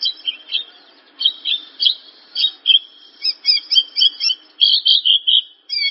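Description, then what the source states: Javan bush lark song, a series of high chirps and short slurred notes, repeated quickly. Lure for a Javan bush lark in full, lively song.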